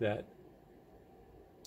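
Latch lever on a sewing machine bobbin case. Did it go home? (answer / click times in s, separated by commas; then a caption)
yes / 1.7 s. A man talks briefly at the start of the clip, then quiet follows. At 1.7 s the latch lever on the bobbin case of a Pfaff 130 sewing machine is raised and gives a single sharp click as it locks the bobbin in place so it doesn't fall out.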